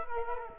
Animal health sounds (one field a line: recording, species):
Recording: mosquito wingbeat signal from an infrared sensor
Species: Culex quinquefasciatus